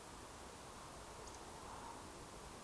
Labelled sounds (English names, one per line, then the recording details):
Eurasian Woodcock whistle
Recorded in Baden-Württemberg, Germany, on 12 June 2020 at 20:23 UTC
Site 43791, 788 m above sea level